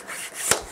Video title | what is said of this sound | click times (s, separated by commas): RCF EVOX 12 complete review - Authorized Dealers | assembly that goes up and locks in place to be able to pull the speaker around then | 0.5 s